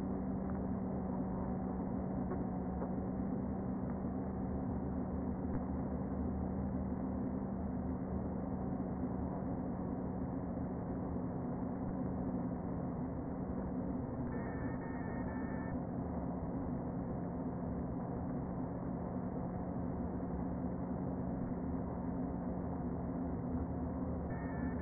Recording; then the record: honeybee colony, microphone inside the hive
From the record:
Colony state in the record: queen present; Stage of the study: before two queens were removed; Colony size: about 60,000 bees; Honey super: yes